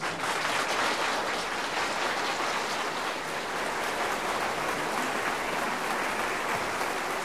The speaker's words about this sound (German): Der tosende Beifall war noch nicht zu Ende, da stand das Gerichtswesen Pack schon unter der Sensordusche.